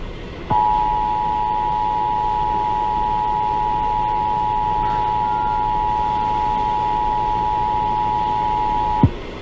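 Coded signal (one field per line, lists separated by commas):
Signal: Emergency Alert System (SAME) tones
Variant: 853 and 960 Hz attention tone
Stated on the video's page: EAS tests received on a Sangean radio.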